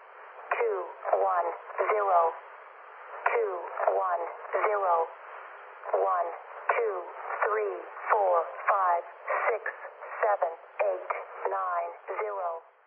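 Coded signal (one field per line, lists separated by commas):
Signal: numbers station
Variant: E05 Cynthia, English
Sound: synthetic female voice reading short evenly spaced numbers over a narrow radio channel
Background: radio static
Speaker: is e05 known as the counting station or Cynthia the say the I and the a representing the source the CIA o one two three four five six seven eight nine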